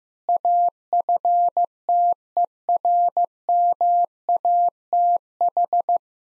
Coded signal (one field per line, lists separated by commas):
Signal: Morse code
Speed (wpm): 15 wpm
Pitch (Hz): 700 Hz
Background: none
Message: AFTERMATH